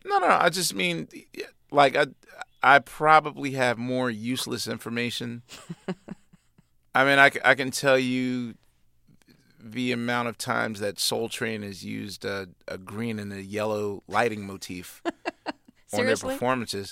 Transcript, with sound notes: I just mean like I probably have more useless information.
(LAUGHTER)
I mean I can tell you the amount of times that "Soul Train" has used a green and a yellow lighting motif.
(LAUGHTER)
...on their performances.